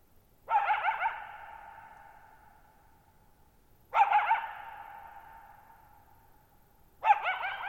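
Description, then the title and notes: Coyote sounding three wavering bark-howls at roughly three-second intervals, each ringing on in a long fading echo; the night is otherwise still. Lone wild coyote at night, July 14, 2019, Thirtymile Meadows, Okanogan National Forest, Okanogan High Country, Pacific Northwest; shallow-bowl meadow at 6400 ft on dry high plateau, very quiet, long natural reverberation. "Lone Coyote at Thirtymile Meadows. I spent the night of July 14, 2019, camped near Thirtymile Meadows in the Okanogan National Forest at 6400 ft (1950 m)"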